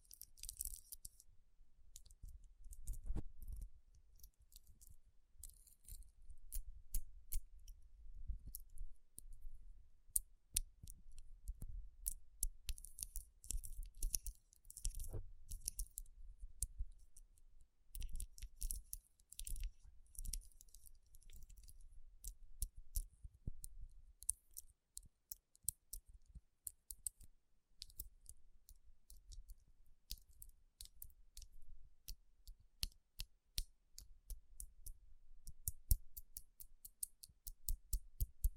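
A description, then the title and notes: Fingertips tap and rub across rhinestone-covered palms, making a dense run of small, sharp clicks with soft, low rustling underneath. The taps come irregularly throughout, with bright scratchy rubbing bursts in the first twenty seconds, then sparser, crisper ticks toward the end. Tapping & Rubbing Rhinestone Covered Palms.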